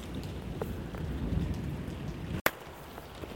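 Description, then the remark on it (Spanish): Steady heavy rain pours down on a street in a dense, hissing wash, with scattered drops pattering on a surface and a brief sharp crack of thunder cutting through near the end. “Y dado que pasó lo que tuvo que pasar, pues nos llovió, tronó y cayó un aguacero como estilo Ciudad Monstruo.”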